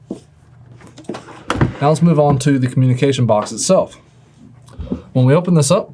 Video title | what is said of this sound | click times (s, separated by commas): Cojali Jaltest Truck & Off Highway Kit Unboxing | and then to install slide it in and then shut the door until it clicks | 1.5 s